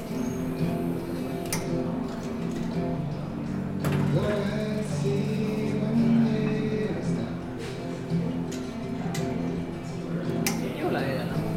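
Sitting in a café: a steady murmur of overlapping voices fills the whole clip at an even level. Sharp clinks and taps cut through now and then, with the clearest near the start, around four seconds, and shortly before the end.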